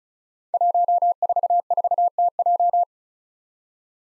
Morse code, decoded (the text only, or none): 144TJ